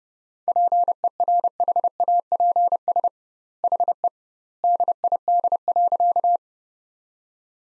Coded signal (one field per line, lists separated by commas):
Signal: Morse code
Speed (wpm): 30 wpm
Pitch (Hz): 700 Hz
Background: none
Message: PERHAPS HE DID.